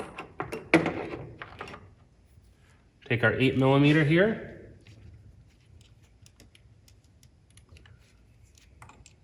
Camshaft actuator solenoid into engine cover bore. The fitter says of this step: and then once you drop it in there just make sure you push it down you will hear a little click